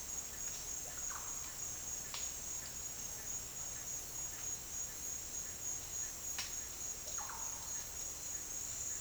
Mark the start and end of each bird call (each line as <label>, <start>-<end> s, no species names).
bird call, 0.00-1.29 s
bird call, 6.95-7.70 s